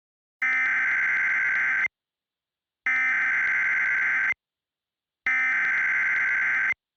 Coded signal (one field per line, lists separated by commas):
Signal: Emergency Alert System (SAME) tones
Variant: header bursts